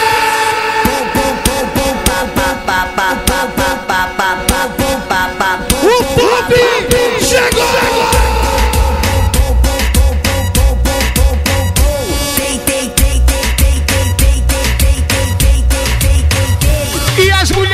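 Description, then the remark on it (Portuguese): A concert crowd at a live band show at Karibe, November 2018, roars and shouts together as Remo football club fans are called to shout, over loud, pulsing music, the cheering sustained and dense throughout, with a heavy bass beat entering partway through. “Só quem tem orgulho de ser do Remo dá um grito.”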